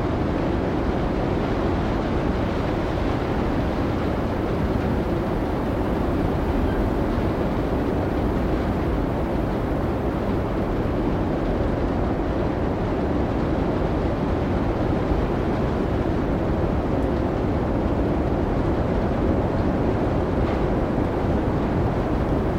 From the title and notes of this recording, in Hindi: शीतकालीन तूफ़ान का वातावरण | आइसलैंडिक हिमपात और गर्जना करती हवाएँ. रेक्याविक में दिद्दू के विशाल हिमपात के दौरान रातभर में कैप्चर किया गया, तेज हवाओं और घूमते हुए बर्फ की असली और अनियंत्रित ध्वनियों का अनुभव करें।. हवाएँ बर्फीली सरसराहट में बदल जाती हैं, एक अनूठा प्राकृतिक श्वेत शोर बनाती हैं।.